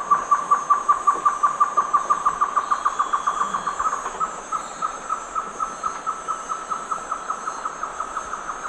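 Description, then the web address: Great antshrike duet: a quick, steady string of hollow hoots that runs into a second, softer series, with a constant high-pitched buzz behind. Duet; eastern lowlands of South America. "Natures Songs S America Eastern Lowlands. Taraba major, duet"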